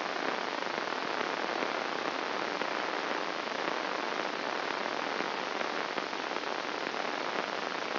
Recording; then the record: brain microelectrode recording played as sound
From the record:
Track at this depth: outside the subthalamic nucleus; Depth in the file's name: 2.972 mm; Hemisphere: left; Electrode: 3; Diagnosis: Parkinson's disease